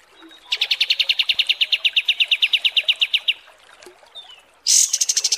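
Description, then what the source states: Kapas tembak song: a steady rattle of crisp repeated notes lasting nearly three seconds, then a gap and a sudden higher, buzzier burst. Masteran training recording.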